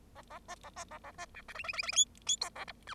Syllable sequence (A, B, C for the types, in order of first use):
A A B A B A A B C D E E E E F F G A H I